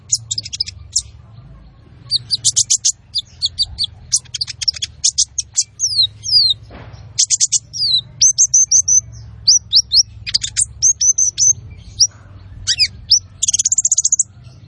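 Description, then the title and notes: Olive-backed sunbird song: rapid bursts of thin, very high chirps and sweeping notes, some descending slurs and brief buzzy trills, delivered in quick, dense phrases with short pauses. Masteran training recording of the kolibri ninja, a bird singing gacor, meaning lively and nonstop, with full fill-in phrases and bursts, used to lure birds and tutor other birds. "MASTERAN KOLIBRI NINJA TERBAIK FULL ISIAN DAN TEMBAKAN MEWAH COCOK BUAT PANCINGAN. Suara Burung Kolibri Ninja Gacor"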